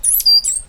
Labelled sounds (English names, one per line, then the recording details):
Stitchbird song
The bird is a male
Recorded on Tiritiri Matangi Island, New Zealand, in 2005
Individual 8, of nest box 10